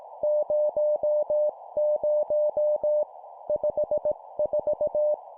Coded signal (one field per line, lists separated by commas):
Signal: Morse code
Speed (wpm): 18 wpm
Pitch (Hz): 600 Hz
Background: none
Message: 00 54